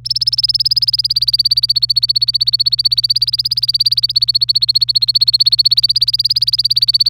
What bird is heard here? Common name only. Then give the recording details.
Domestic Canary. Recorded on 26 April 2018 at 07:36. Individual llb3